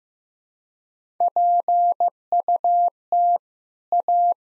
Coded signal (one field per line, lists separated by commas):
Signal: Morse code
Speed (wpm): 15 wpm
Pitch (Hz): 700 Hz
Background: none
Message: PUT A